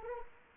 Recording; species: mosquito wingbeat signal from an infrared sensor; Anopheles arabiensis